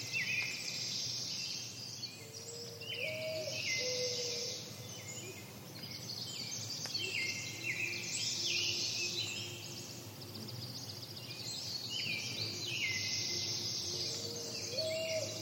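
A forest soundscape thick with overlapping bird calls and chirps, high trills repeating throughout over a steady low rumble and faint insect hum.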